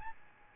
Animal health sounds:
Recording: mosquito wingbeat signal from an infrared sensor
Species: Aedes albopictus

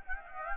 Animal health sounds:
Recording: mosquito wingbeat signal from an infrared sensor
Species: Aedes aegypti

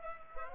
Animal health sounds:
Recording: mosquito wingbeat signal from an infrared sensor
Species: Culex pipiens

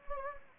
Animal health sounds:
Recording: mosquito wingbeat signal from an infrared sensor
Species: Anopheles gambiae

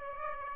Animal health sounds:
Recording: mosquito wingbeat signal from an infrared sensor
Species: Aedes aegypti

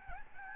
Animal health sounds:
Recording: mosquito wingbeat signal from an infrared sensor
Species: Aedes albopictus

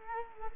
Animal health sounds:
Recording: mosquito wingbeat signal from an infrared sensor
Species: Culex quinquefasciatus

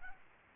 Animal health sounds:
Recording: mosquito wingbeat signal from an infrared sensor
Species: Aedes albopictus

